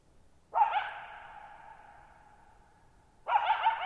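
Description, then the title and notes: Coyote giving two harsh, quavering barks about three seconds apart, the first fading slowly through a long echo. Lone wild coyote at night, July 14, 2019, Thirtymile Meadows, Okanogan National Forest, Okanogan High Country, Pacific Northwest; shallow-bowl meadow at 6400 ft on dry high plateau, very quiet, long natural reverberation. "Lone Coyote at Thirtymile Meadows. I spent the night of July 14, 2019, camped near Thirtymile Meadows in the Okanogan National Forest at 6400 ft (1950 m)"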